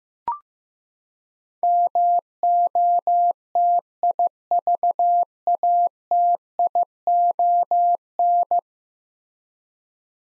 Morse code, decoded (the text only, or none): MOTIVATION